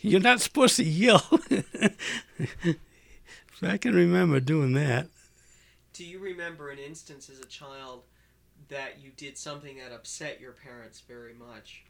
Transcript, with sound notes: You're not supposed to yell." ( he laughs ) I can remember doing that.
Do you remember an instance as a child that you did something that upset your parents very much?